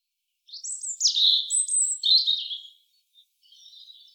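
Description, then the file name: European robin singing a rich phrase of thin, high whistles sliding up and down, with a softer twittering tail after a short pause; no other sounds. "Erithacus rubecula"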